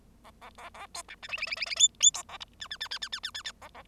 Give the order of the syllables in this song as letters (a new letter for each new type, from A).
A A A A B C D E E E E E F F B A G H H H H H H H H H A A